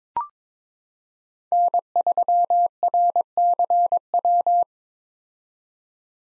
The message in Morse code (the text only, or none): N3RCW